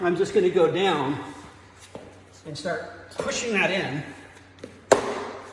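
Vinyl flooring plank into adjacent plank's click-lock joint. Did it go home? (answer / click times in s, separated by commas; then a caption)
yes / 4.9 s. A vinyl floor plank is pushed into the click-lock joint of the previous row's adjacent plank while someone talks. A sharp click sounds at 4.9 s as the plank snaps in and seats.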